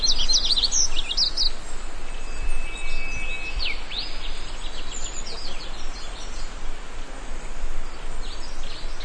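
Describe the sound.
Yellow-throated bunting calls: a quick burst of high, thin chirps at the start, then a few sharp downslurred notes, over a steady low rumble of background noise.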